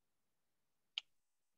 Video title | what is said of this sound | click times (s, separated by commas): Beauty On A Budget Series❤️Oct Shannon Taylor Rosy Glow Make Up Tutorial LimeLife by Alcone | you hear that click | 1.0 s